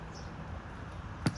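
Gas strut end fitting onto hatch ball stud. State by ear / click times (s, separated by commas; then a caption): seated / 1.3 s. During replacement of a Toyota Supra Mk4 rear hatch strut, the freshly lubricated strut end socket is pushed onto its mounting ball stud over a low, steady background hum. A single short, sharp snap sounds at 1.3 s as the gas strut end fitting seats onto the hatch ball stud.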